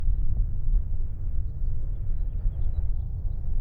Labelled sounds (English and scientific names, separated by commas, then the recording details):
House Finch (Haemorhous mexicanus) song
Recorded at Nassau on Long Island, New York, on 21 May 1975
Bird A